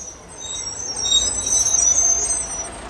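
A bus driving from Ornans to Besançon, with a steady low rumble of engine and road noise swelling slightly, while faint high-pitched squeals and whines drift over the top throughout.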